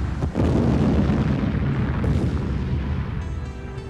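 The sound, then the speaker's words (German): Two trucks collide sideways at full speed in front of a jeep with a heavy crash that bursts into a loud, roaring explosion as both their fuel tanks blow up in one fireball. Deep rumbling fire sustains for several seconds, with a second sharp burst midway before the roar slowly eases. “Die Trucks krachten seitlich aufeinander, in voller Fahrt, direkt vor meinem Jeep. Ihre beiden Tanks explodierten in einem einzigen gewaltigen Feuerball.”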